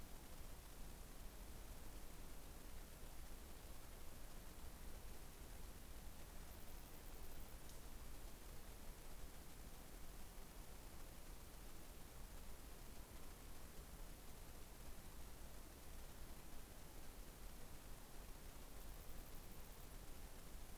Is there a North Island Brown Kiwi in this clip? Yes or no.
no